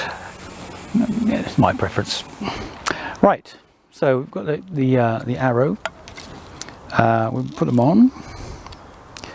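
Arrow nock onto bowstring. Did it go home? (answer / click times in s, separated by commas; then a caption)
yes / 9.2 s. The plastic nock of an arrow is pushed onto the string of a compact folding bow while someone talks. A sharp double click is heard at about 9.2 s, and the nock seats on the bowstring.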